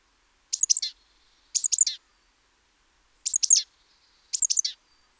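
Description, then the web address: Great tit gives high, piercing two- and three-note bursts, four clusters in quick succession, with faint thin tones between and no other sounds. "SETE Parus major"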